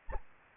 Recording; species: mosquito wingbeat signal from an infrared sensor; Anopheles gambiae